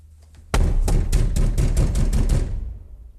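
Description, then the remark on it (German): Loud, heavy pounding on a door barricaded from inside with furniture: about nine booming blows in a fast, steady rhythm, each with a deep thud and a rattling crack, then a brief fading rumble. “Sind Sie da? Machen Sie die Tür auf.”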